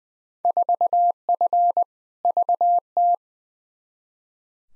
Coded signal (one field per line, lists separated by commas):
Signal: Morse code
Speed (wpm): 21 wpm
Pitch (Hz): 700 Hz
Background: none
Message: 4F VT